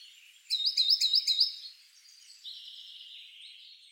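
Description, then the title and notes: Icterine warbler singing a quick run of bright, repeated high notes, about four a second, followed by thinner, drawn-out squeaky phrases. "Icterine warbler. Зелёная пересмешка by deepsweet"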